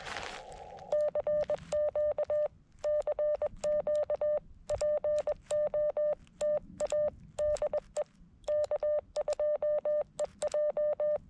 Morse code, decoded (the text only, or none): CQ CQ POTA DE K2EJ